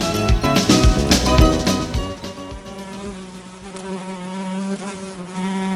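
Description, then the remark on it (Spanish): A mosquito's whining buzz drones on with a rich, steady hum. It is busier and louder for the first two seconds, then settles into a continuous whine with no one talking. “Ya, tranquilízate, que ya se fue, solo era un mosquito.”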